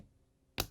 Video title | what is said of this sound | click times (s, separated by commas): How To: Samsung Sensor Bracket DA61-01800A | just make sure that the locking tab goes behind this part on the ice cube tray and you can push down lock into place | 0.6 s